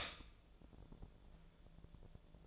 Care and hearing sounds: daily activity, microphone in the room; stop toaster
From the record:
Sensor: 5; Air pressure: 1000.3 hPa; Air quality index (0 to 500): 126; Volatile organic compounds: 2 ppm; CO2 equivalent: 999 ppm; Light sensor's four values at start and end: 86/202/86/94 and 86/202/86/94

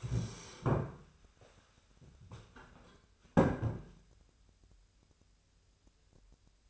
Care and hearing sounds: daily activity, microphone in the room; stand up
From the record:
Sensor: 2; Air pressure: 1015.0 hPa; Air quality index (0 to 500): 168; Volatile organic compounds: 9 ppm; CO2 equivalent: 2180 ppm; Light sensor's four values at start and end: 12/33/13/14 and 12/33/13/14

